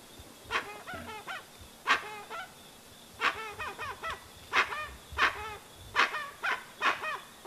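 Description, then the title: Dusky-legged guan giving loud nasal honks in uneven clusters, each note rich in harmonics, with a faint high insect drone throughout. Singing; used as a sound to call the bird in. "Pavanegra. Pava de Monte o Pava Oscura Cantando Sonido para Llamar"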